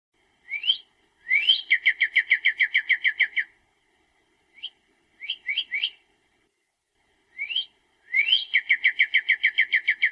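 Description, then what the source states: Bird singing rapid, even trills, each opened by an upslurred chirp, with a few separate chirps and short pauses between phrases. Bird singing in the early morning.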